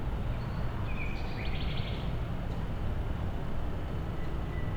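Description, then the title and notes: Nightingale giving a brief phrase, a whistle followed by a quick run of repeated notes, then a faint whistle near the end, against a constant low urban hum. Night, among blocks of flats in Siemianowice Śląskie, Poland, Monday 20 May 2019; song echoing between buildings; recorded on a Zoom H5 with an Audio-Technica BP4025. "Jana Pawła II 20C, 41-106 Siemianowice Śląskie, Polska - Nightingale amidst blocks of flats. Poniedziałek, 20 maja 2019. Noc. Echo słowika wśród bloków. Monday, May 20th 2019. Nighttime. Nightingale echoing amidst blocks of flats. Field recordings of Siemianowice Śląskie - City Soundscape"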